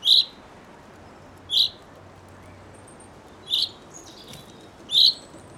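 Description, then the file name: Common chaffinch giving short, sharp, bright call notes, four in a row at uneven gaps. "Fringilla coelebs"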